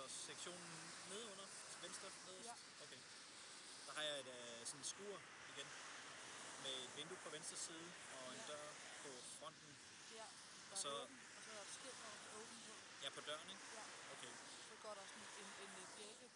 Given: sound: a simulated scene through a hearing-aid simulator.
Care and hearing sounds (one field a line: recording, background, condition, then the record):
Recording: conversation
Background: traffic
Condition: 0 dB SNR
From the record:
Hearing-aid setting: standard clinical setting (NAL)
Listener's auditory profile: C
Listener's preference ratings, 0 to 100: 58, 58, 61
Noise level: 75 dB SPL